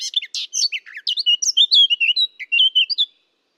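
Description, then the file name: Eurasian blackcap song: harsh, scratchy opening notes giving way to a run of clear, fluty whistled phrases, stopping after about three seconds. "Sylvia atricapilla"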